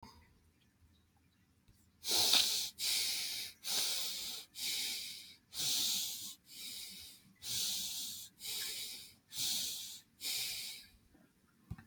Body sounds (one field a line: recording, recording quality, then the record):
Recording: shallow breathing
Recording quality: excellent, no background noise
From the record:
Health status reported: healthy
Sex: male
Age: 34 years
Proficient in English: yes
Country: United States